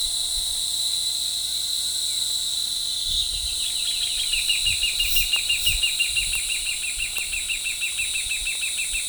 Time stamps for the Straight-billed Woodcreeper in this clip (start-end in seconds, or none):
2.81-9.08